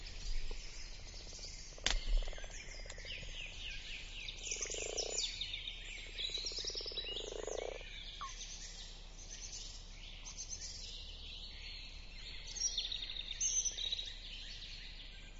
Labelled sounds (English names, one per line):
Common Frog call